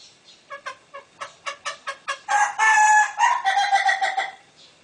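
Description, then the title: Green junglefowl calling: a run of short clucking notes, then a loud, harsh, drawn-out cackle that fades. Female. "Suara Ayam Hutan Betina. suara ayam hutan hijau"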